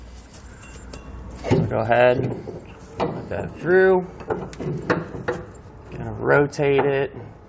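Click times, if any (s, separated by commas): none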